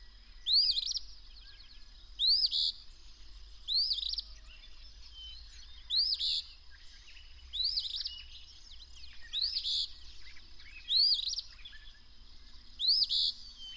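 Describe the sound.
Bird delivering loud, regular song phrases: a rising whistle then a buzzy trill, repeated several times, against a steady thin whine.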